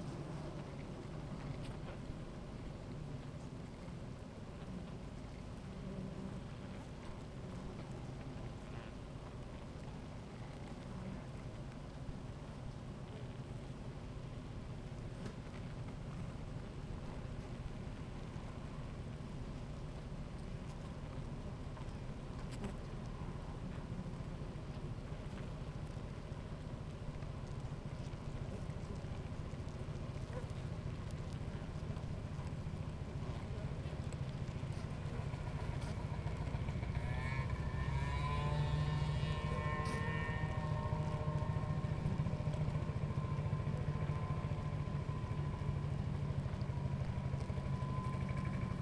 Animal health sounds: honeybee colony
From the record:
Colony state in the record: active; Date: 28 July 2017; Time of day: 16:43

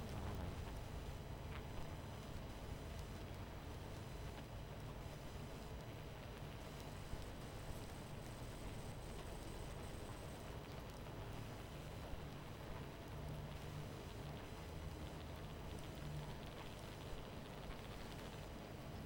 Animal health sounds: honeybee colony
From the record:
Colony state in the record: missing queen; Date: 14 July 2017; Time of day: 22:50

